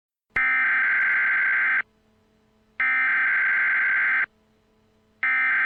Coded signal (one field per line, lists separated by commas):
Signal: Emergency Alert System (SAME) tones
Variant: header bursts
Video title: EAS Scenario: Y2K Chaos